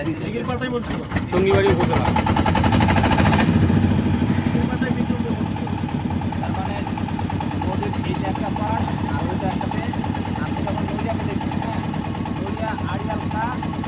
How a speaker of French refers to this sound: Il y a une manivelle pour faire démarrer le moteur là. Voilà. Il y a manivelle amovible.